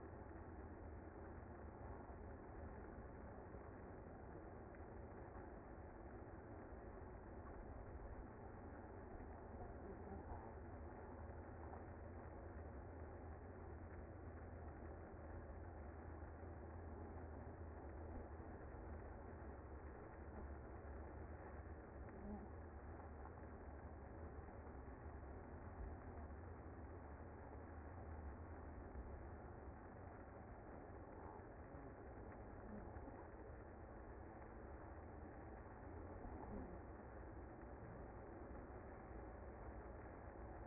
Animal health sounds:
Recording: honeybee colony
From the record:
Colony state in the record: active

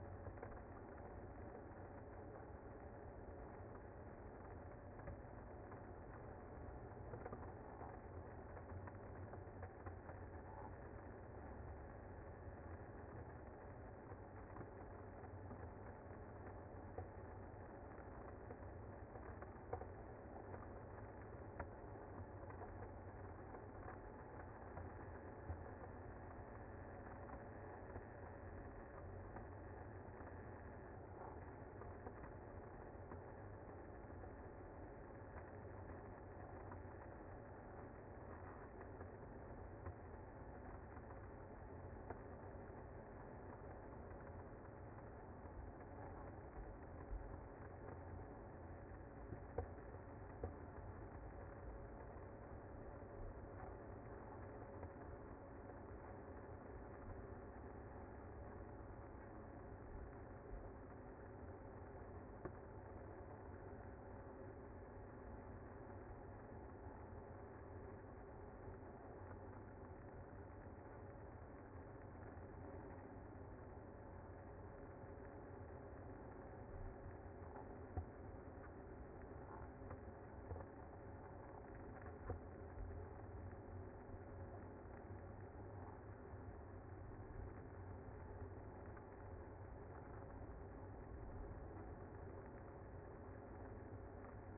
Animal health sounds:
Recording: honeybee colony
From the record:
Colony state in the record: active

